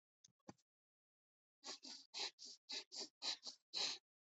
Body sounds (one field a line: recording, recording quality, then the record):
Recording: shallow breathing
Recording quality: excellent, no background noise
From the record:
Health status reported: healthy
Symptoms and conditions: none ticked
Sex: female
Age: 27 years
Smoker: not ticked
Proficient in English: yes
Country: India